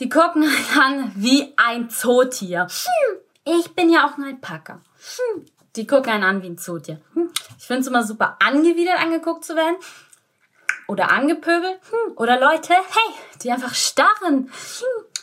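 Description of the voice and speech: An adult woman speaking clear German, her speech broken by out-of-context interjections such as 'hey' and an odd inserted phrase, with brief laughter; these are vocal tics of Tourette syndrome, and she has both motor and vocal tics.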